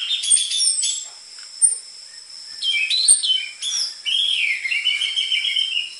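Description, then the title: Orange-headed thrush sings a fast, varied sequence of warbled and whistled phrases with quick pitch jumps, over a constant high tone. Lure recording of an energetic (gacor) orange-headed thrush with densely packed song material, for tutoring caged orange-headed thrushes of the trotol type. "PANCINGAN Anis Merah Gacor Materi Isian Rapat Cocok Untuk MASTERAN Anis Merah TROTOL"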